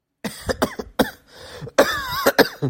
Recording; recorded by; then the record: voluntary cough; messaging app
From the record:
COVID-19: positive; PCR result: self-reported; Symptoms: yes